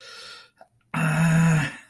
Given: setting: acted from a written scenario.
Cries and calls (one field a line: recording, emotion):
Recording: vocal sound without words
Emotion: shame